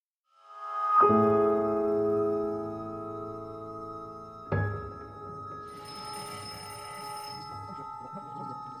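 A telephone bell rings twice, each ring a bright, sustained, metallic tone that swells and lingers before the next begins, with no talking over it.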